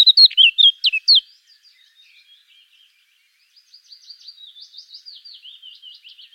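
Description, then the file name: Eurasian blackcap song: a loud burst of whistled warbling, then a long, much fainter stretch of rapid, thin twittering notes. "Sylvia atricapilla"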